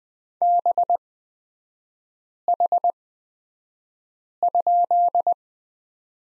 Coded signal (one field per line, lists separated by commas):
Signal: Morse code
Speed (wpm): 20 wpm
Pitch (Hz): 700 Hz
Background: none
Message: BH?